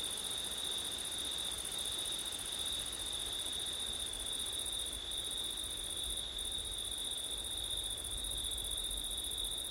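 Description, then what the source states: Crickets singing a continuous piercing trill, unchanging in rhythm, with a low wind rumble underneath. Crickets singing on a September night, with wind.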